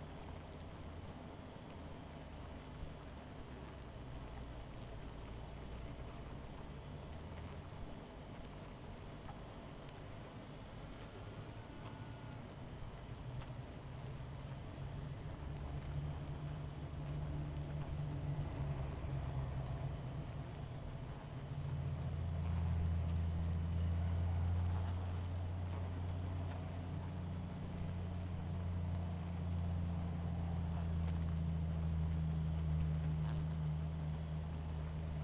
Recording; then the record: honeybee colony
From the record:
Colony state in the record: missing queen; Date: 14 July 2017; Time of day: 21:02